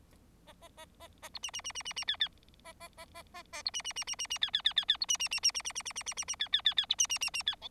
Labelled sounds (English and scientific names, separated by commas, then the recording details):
Bengalese Finch (Lonchura striata domestica) song
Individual Bird4